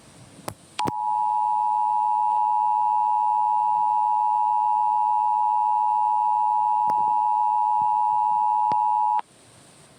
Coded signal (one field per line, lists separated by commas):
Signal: Emergency Alert System (SAME) tones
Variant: 853 and 960 Hz attention tone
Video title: EAS Mockery:World War Z